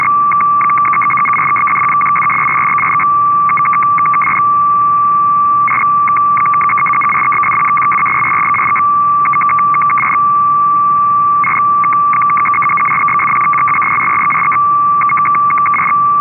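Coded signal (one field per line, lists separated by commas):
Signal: numbers station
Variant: F06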